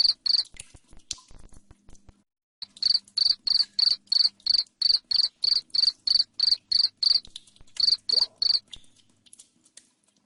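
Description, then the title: Cricket giving a couple of chirps, a quieter pause, then a long sequence of loud, evenly timed high chirps, ending with a few final pulses. Loud cricket chirping, used to make lovebirds keep trilling. "Suara JANGKRIK NGERIK Keras Bikin LOVEBIRD Jadi NGEKEK Terus"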